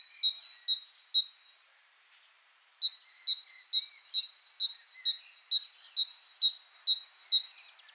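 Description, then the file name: Great tit song: a rapid high-low two-note phrase, a brief pause, then a long even run of the same ringing notes about twice a second. "Parus major"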